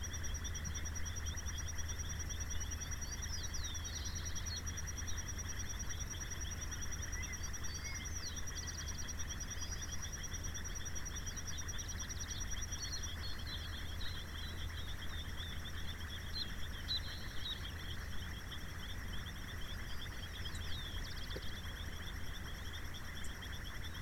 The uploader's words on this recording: Summer dusk with birds near Vedia, Buenos Aires province, Argentina. I recorded this landscape on a summer afternoon, in a pasture land where a canal and a country road intersect; around 5 kilometers away from the center of town.